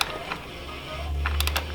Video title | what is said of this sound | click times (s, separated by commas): Sport Bike Oil Change Tips and Tricks | Getting there. There we go. Once you hear that click, that means that it's at the proper torque. | 1.4 s